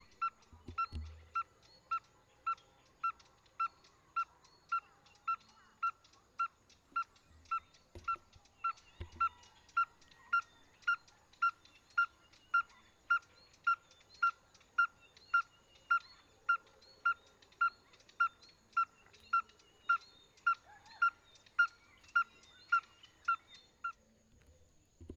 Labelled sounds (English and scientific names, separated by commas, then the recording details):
Red-fronted Tinkerbird (Pogoniulus pusillus)
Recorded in northern Uganda